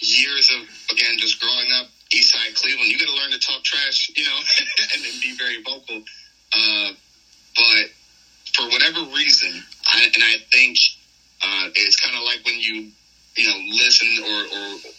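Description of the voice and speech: An adult man who says he has a stutter speaks in a conversational interview with noticeable disfluencies: whole-word repetitions, a stretched filler, glottal catches and several half-second pauses that break up his phrases. These fit a mild developmental stutter. He was long nervous about speaking because of it, and it disappears when he cuts wrestling promos.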